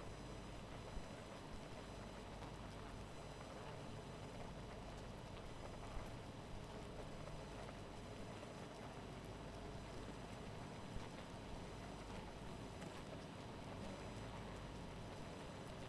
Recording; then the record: honeybee colony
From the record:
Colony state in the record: missing queen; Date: 14 July 2017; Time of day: 2:25